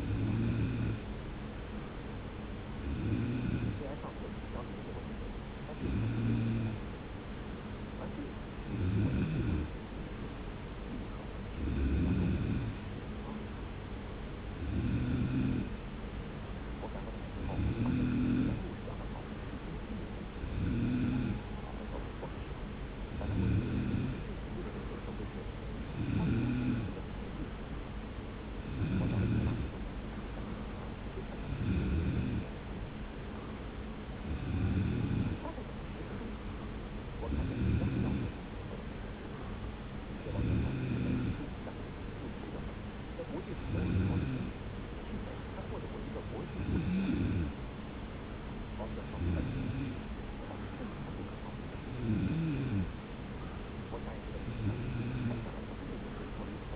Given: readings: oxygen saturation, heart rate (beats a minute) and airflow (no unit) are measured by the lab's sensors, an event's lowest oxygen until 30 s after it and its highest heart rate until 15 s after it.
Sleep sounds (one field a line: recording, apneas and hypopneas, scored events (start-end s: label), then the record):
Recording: breathing in sleep by a voice recorder at the bedside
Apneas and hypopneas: none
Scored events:
15.00-56.76 s: new sleep stage, N3 (deep sleep)
From the record:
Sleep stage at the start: N2 (light sleep)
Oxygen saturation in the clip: 93 to 94%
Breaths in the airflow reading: 20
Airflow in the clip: -0.9 to 0.9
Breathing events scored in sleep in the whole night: 335 in 6.7 hours asleep